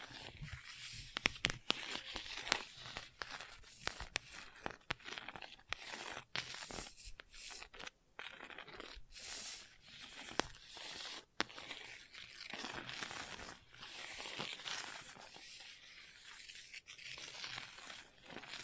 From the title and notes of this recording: ASMR Gentle Scratching You Will Fall Asleep To (No Talking).